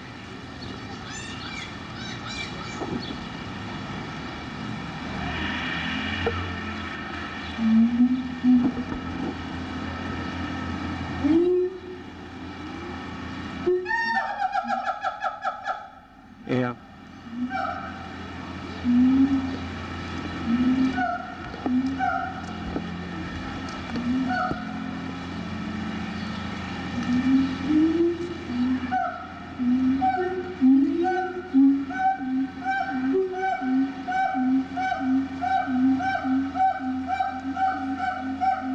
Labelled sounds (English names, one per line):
Siamang